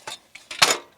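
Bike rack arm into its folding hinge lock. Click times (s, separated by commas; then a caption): 0.6 s. A folding bike rack arm is unfolded by hand until its hinge locks open. A few lighter metallic clicks and rattles lead into a loud, sharp snap at 0.6 s as the arm locks into the open position, followed by a brief ringing decay. The arm is seated and locked.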